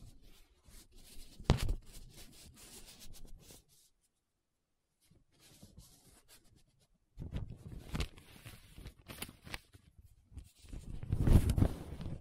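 Paper being scratched and rubbed, in uneven bursts of dry rustling with sharp bright ticks, including a strong one near 1.5 seconds. The sound drops to near silence from about 3.8 to 7 seconds, then returns denser and louder, peaking around 11 seconds.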